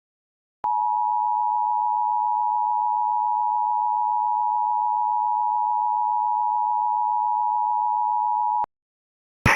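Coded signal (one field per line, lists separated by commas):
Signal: Emergency Alert System (SAME) tones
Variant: 853 and 960 Hz attention tone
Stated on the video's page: Mock New Year's EAS alert stated to contain valid EAS tones.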